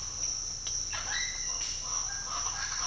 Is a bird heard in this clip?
yes